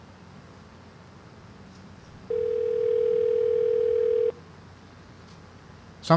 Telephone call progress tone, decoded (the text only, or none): ringback tone